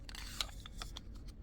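A second fixed-blade tanto knife is handled at the mouth of its plastic sheath, making a series of light ticks and scrapes, with the sharpest tick at about 0.4 s and others near 0.1, 0.8 and 1.0 s. The knife has not snapped into the sheath yet; nothing has seated.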